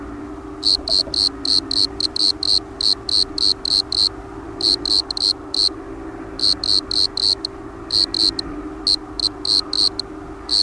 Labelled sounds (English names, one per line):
Bordeaux Cricket stridulation